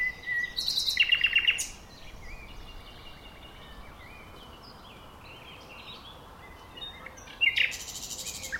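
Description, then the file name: Common nightingale phrases: a brief rattling burst of repeated notes, then near silence for several seconds before another short buzzy phrase. "Luscinia megarhynchos"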